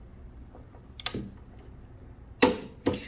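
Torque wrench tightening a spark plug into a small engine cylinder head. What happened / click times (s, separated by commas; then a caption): The torque wrench clicked at its setting / 2.4 s. A torque wrench set to 10 ft-lb tightens a spark plug into the aluminum cylinder head of a Briggs and Stratton lawn mower engine. A pair of short metallic ratchet ticks sounds near 1.0 and 1.1 s, then a louder sharp click at 2.4 s as the wrench breaks over at its setting, followed by a second click near 2.9 s. The plug is torqued to spec.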